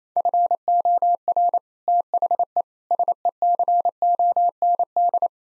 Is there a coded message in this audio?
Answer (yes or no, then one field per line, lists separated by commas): yes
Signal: Morse code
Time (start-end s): 0.2-5.3 s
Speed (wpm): 27 wpm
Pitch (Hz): 700 Hz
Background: none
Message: FOR THE SECOND